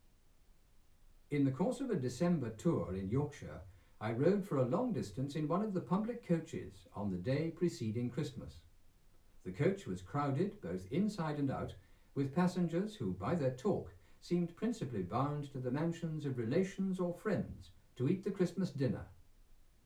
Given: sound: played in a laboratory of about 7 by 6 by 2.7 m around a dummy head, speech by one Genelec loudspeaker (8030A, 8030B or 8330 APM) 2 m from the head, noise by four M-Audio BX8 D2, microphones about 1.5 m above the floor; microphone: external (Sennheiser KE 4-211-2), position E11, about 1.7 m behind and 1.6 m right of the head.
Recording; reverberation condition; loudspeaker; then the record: male speech in English; low; 30 degrees to the left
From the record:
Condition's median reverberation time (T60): about 310 ms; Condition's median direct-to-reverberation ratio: about 3.5 dB